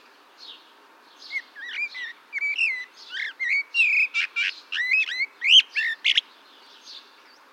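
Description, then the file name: Common blackbird song: a continuous stream of varied high twittering notes and squeaks, growing louder midway, then stopping abruptly. "Turdus merula"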